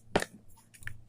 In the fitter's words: तो चलिए इधर से भी मैं खोल दिया हूँ और साइड में इधर से भी मैं क्लिक करके इसे खोल लूँगा।